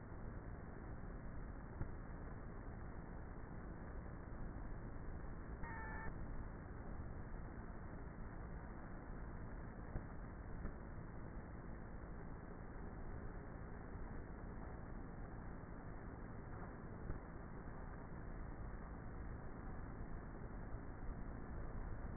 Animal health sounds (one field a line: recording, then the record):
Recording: honeybee colony, microphone inside the hive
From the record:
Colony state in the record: queenless with a low population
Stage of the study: before two queens were removed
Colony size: about 30,000 bees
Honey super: no